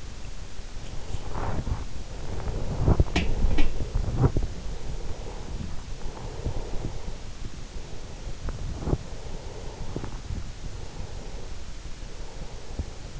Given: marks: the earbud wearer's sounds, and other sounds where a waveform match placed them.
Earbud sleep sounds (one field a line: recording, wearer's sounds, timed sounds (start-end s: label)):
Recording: sounds in sleep by an in-ear microphone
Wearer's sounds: body movement, breath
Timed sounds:
0.00-11.06 s: body movement
7.65-10.31 s: breath
10.69-13.20 s: breath